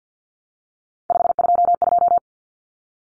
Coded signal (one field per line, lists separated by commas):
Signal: Morse code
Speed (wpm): 50 wpm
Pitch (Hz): 700 Hz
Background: none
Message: 522